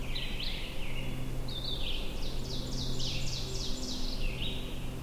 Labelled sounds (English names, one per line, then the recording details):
Ovenbird song
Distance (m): 75 m
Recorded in boreal forest in Alberta, Canada, on 22 June 2016 at 07:53
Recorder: SongMeter 3, array SBT-6-76
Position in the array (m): 156 m, 117 m
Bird 3